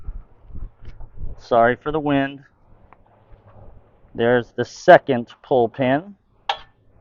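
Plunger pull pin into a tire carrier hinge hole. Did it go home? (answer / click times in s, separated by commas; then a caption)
yes / 6.5 s. A spring-loaded plunger pull pin on a custom swing-out steel tire carrier is released and snaps into a drilled hole in the hinge, locking the carrier in place. Someone talks over light wind noise, and then a sharp metallic click is heard at 6.5 seconds as the pin seats.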